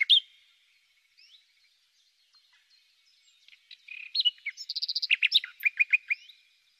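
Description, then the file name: Common nightingale song: a few scattered whistled notes, then a fast run of rich trills and repeated chirps building in the second half. "suara merdu burung nightingale omkicau"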